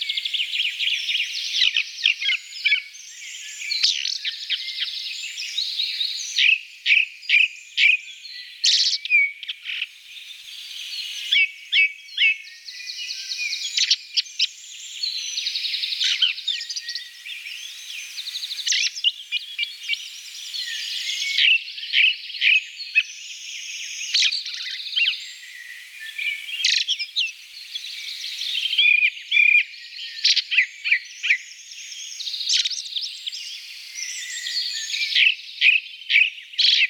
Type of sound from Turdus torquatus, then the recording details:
song. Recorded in the wild. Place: Kandel /Schwarzwald; Waldkirch, Baden-Württemberg, DE. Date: 1983-06-04. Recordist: Schwarz, Dieter